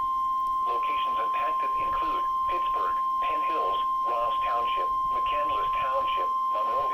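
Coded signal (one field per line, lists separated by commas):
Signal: Emergency Alert System (SAME) tones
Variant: 1050 Hz attention tone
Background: speech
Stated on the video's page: Severe thunderstorm warnings from PBZ; one alert heard is an EH55 going off a second time.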